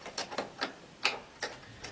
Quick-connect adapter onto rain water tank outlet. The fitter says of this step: over the RADS push that on there and you hear two happy snaps as that locks in place